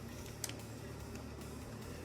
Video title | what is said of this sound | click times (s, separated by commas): Transformers Missing Link Grimlock Review | snap into place, | 0.4 s, 0.5 s